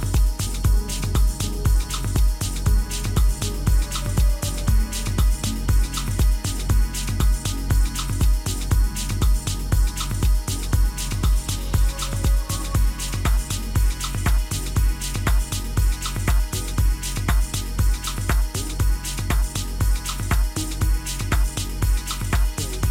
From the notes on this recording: Day of the Dead, Tucson Arizona